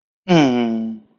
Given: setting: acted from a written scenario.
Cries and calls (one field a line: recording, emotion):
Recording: vocal sound without words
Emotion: contentment